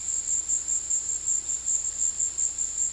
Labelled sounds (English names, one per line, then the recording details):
none
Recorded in secondary vegetation near Puerto Asís, Putumayo, Colombia, on 19 February 2024 at 15:30
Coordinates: 0.481, -76.323
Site G6376